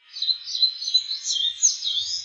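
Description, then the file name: Eastern crowned warbler song: a quick, high, warbling run of sweet chirps and buzzy notes, unbroken for about two seconds, with no other clear sounds. "sendaimusikui"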